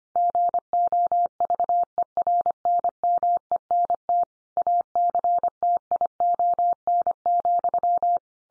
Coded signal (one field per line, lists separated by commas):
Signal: Morse code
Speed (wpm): 25 wpm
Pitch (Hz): 700 Hz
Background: none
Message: GOVERNMENT ACTION,